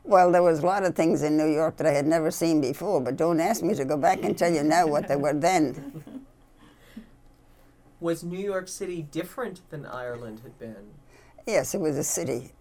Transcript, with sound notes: Well, there was a lot of things in New York that I had never seen before, but don't ask me to go back and tell you now what they were then. (laugh)
Was New York City different than Ireland had been?
Yes, it was a city.